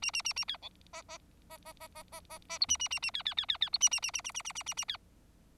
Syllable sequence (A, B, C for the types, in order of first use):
A A A A B C D D D D D D D D D E A A A A B B B B B E A A A A A A A A A A B